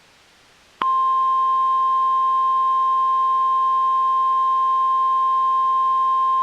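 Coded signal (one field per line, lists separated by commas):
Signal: Emergency Alert System (SAME) tones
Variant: 1050 Hz attention tone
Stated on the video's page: Fictional EAS scenario.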